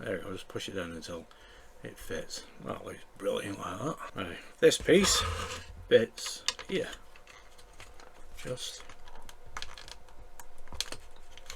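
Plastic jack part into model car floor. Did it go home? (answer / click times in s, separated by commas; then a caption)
yes / 10.8 s. A small plastic jack piece is pressed onto the floor pan of a scale model Citroen C4 WRC rally car while someone talks. A few light plastic taps and clicks are heard, and the jack clips into place with a sharp click at 10.8 seconds.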